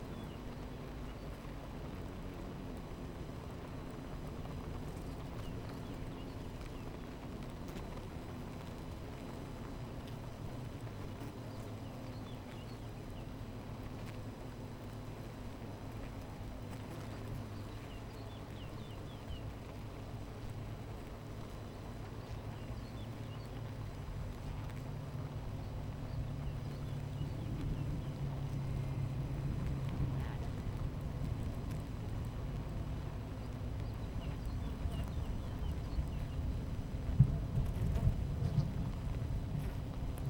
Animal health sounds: honeybee colony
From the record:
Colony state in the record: missing queen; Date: 14 July 2017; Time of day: 11:10

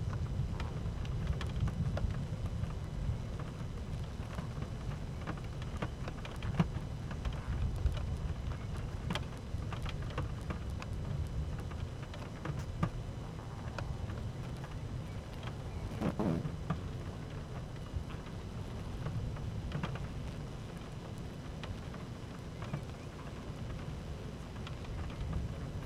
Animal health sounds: honeybee colony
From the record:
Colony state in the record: active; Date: 12 June 2018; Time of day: 12:58

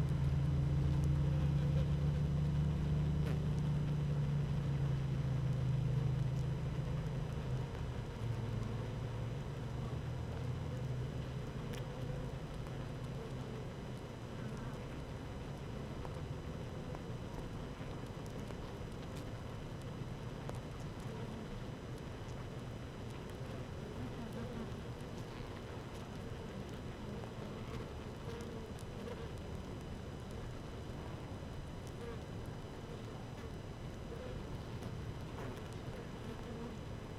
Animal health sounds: honeybee colony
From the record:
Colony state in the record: active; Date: 12 June 2018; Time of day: 15:03

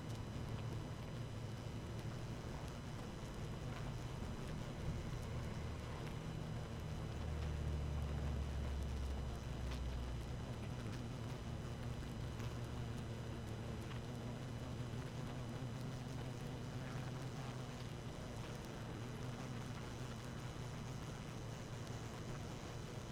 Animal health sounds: honeybee colony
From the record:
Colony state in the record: active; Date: 12 June 2018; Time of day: 18:25

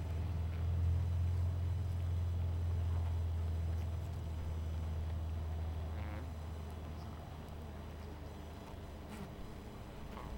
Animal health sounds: honeybee colony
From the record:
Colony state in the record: missing queen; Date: 14 July 2017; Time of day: 20:01

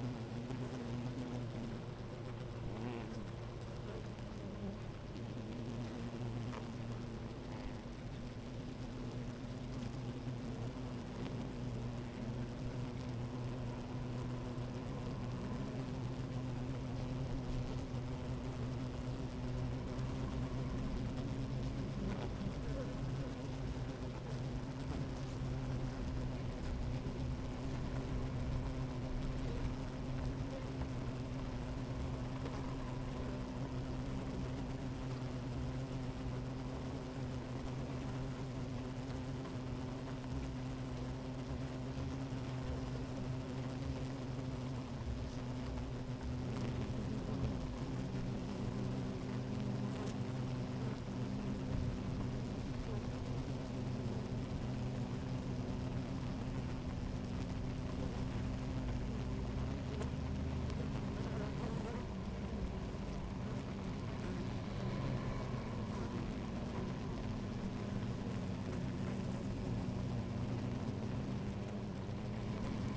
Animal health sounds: honeybee colony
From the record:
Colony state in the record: active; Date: 28 July 2017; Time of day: 11:25

